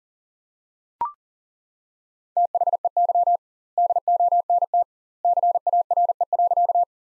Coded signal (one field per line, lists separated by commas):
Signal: Morse code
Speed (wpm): 40 wpm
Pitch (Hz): 700 Hz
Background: none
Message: THEY DONT CARE.